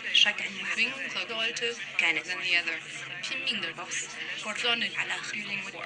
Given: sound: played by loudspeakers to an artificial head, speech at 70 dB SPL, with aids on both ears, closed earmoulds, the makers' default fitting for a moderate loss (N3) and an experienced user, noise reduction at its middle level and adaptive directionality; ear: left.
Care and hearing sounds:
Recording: speech test signal (ISTS) in cocktail-party noise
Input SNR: +3 dB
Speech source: in front (0 degrees)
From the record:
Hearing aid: class 2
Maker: G

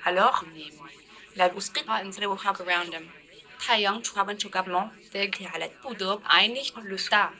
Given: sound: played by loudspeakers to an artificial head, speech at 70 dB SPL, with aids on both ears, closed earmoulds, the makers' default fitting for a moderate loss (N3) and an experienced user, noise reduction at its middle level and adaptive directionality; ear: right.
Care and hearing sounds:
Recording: speech test signal (ISTS) in cocktail-party noise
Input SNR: +9 dB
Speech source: on the right (90 degrees)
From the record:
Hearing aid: class 2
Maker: E

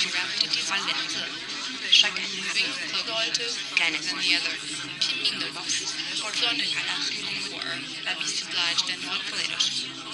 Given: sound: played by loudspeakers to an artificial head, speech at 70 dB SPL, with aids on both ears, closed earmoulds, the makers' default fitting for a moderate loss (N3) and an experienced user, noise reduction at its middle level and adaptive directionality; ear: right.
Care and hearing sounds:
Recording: speech test signal (ISTS) in cocktail-party noise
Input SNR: -6 dB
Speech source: on the right (90 degrees)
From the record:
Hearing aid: class 1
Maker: B

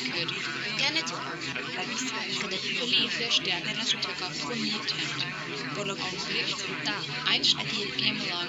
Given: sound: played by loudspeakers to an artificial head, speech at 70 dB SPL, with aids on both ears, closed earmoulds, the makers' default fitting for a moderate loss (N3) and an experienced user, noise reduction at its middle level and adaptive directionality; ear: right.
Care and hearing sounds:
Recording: speech test signal (ISTS) in cocktail-party noise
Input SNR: -6 dB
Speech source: on the right (90 degrees)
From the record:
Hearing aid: class 1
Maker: A

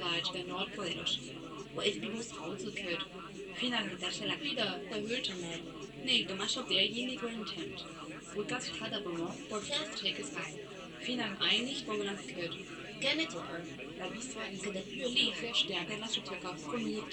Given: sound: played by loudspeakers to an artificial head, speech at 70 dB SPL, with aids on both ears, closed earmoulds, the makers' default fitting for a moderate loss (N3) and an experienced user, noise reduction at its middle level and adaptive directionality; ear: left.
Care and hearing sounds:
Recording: speech test signal (ISTS) in cocktail-party noise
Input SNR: +3 dB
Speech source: on the right (90 degrees)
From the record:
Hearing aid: class 1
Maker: C

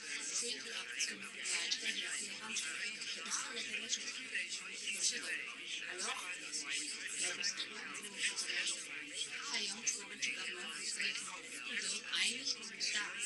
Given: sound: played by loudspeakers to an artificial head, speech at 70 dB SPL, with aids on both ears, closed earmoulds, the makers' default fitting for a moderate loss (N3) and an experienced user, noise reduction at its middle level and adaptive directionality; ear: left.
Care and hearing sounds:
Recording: speech test signal (ISTS) in cocktail-party noise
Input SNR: -3 dB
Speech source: on the right (90 degrees)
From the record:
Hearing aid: class 1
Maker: J

